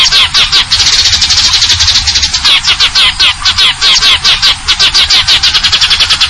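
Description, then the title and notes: Eurasian tree sparrow giving quick, high, repeated chirps, several each second, over a low steady hum. Fighting-type song with long trills and clear voice, used as a masteran tutor recording for contest birds. "GEREJA TARUNG NEMBAK PANJANG SUARA JERNIH MASTERAN WAJIB BURUNG LOMBA. Burung Gereja"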